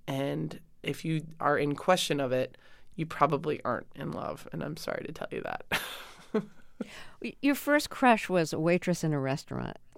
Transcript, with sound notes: And if you are in question of it, you probably aren't in love and I'm sorry to tell you that (laughter).
Your first crush was a waitress in a restaurant.